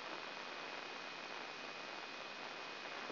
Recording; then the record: brain microelectrode recording played as sound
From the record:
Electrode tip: inside the subthalamic nucleus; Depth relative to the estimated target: 1 mm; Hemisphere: right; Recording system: AlphaMap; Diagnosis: Parkinson's disease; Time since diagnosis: 9 years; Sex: male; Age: 53 years